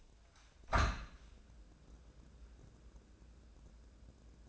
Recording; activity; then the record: daily activity, microphone in the room; open window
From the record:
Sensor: 2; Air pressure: 1012.1 hPa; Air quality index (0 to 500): 116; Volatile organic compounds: 1 ppm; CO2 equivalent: 868 ppm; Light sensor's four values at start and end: 114/273/113/112 and 113/271/112/112